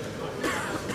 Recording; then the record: coughing mixed with background sound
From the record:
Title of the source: 31 night wet cough